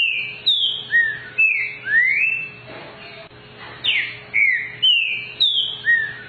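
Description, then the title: Green-winged saltator singing a string of clear whistled notes, some falling and some rising, broken by a short noisy pause midway, over a steady low hum. Trinca-ferro song type 'voz 06', one of 14 song types compiled in a single video. "Canto De Trinca Ferro Voz 06"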